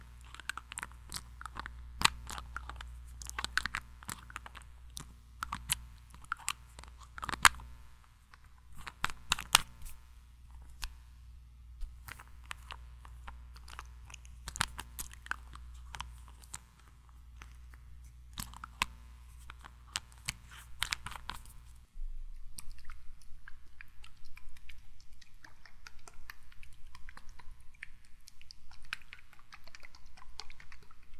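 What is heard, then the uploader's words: Tiny mic triggers: quick, crisp taps and crunchy clicks arrive in irregular bursts over a steady low hum. Around 22 seconds the hum drops away and the sounds turn into a denser, softer scratching and rustling that continues to the end. ASMR 1 HR Of Tiny Mic Triggers.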